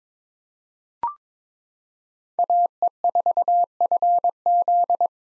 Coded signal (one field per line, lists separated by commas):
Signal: Morse code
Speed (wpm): 22 wpm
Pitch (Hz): 700 Hz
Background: none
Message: AE4FZ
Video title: 2023 SOTA Chaser Call Signs - 22wpm